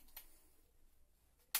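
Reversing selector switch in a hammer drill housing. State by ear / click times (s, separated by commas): partly seated / 0.2 s, 1.5 s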